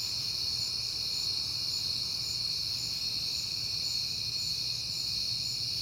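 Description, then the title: Steady high cricket trilling fills the night, with a quiet low hum underneath. Crickets recorded on a peaceful night in September. "Night Time: Crickets and Passing Cars"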